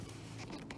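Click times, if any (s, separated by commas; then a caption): none. A plastic wiper blade adapter is being handled and pushed onto the metal windscreen wiper arm of a VW Golf MK7, with a low steady hum under faint scraping and two short knocks near 0.7 and 0.8 seconds. Nothing has seated or clicked into place yet.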